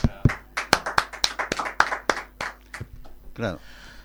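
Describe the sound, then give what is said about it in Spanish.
Sparse, uneven applause from a few people welcoming a guest on a radio program, sharp claps rising and falling in loudness for about three seconds before a voice briefly cuts in at the end. “Un aplauso para Karina.”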